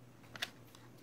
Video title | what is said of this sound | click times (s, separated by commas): SYMA X8C Venture Quadcopter Drone Unboxing and Assembly | and slide it in till it clicks into place. | 0.4 s